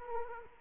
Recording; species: mosquito wingbeat signal from an infrared sensor; Culex quinquefasciatus